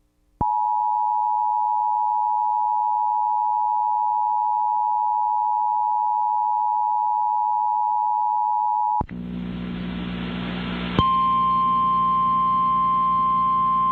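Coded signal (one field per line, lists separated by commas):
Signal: Emergency Alert System (SAME) tones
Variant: 853 and 960 Hz attention tone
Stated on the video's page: Flash flood warning SAME tones recorded off air from an AM/FM radio station.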